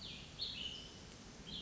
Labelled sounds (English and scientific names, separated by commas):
Cassin's Vireo (Vireo cassinii)